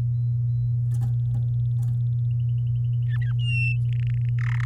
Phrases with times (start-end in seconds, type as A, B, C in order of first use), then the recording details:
3.08-3.32 A, 3.39-3.76 B, 3.89-4.29 C, 4.38-4.64 D. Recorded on 11 May 2018 at 06:28. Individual llb16